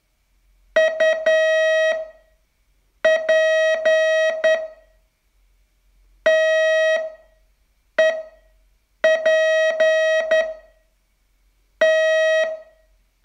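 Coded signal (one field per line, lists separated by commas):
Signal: Morse code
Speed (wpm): 9 wpm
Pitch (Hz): 640 Hz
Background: none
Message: UP TEP T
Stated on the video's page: Day 28 of a 42-day Morse training course.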